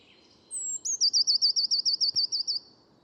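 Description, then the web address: Eurasian blue tit calling: one high, thin introductory note followed by a fast, regular series of around twelve ringing trilled notes; a brief click partway through, quiet background. "cianscape. Deverinetal"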